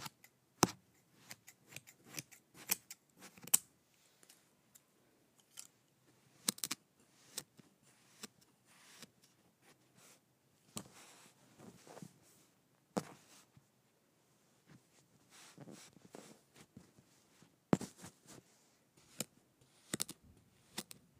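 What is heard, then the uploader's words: Kinetic sand is cut up by hand in a series of sharp clicks and scraping, crumbly rustles. The bursts come in irregular clusters, busiest in the first four seconds and again near 18 to 21 seconds, with short quiet gaps between. A faint low hum sits underneath. ASMR Cutting up Kinetic Sand.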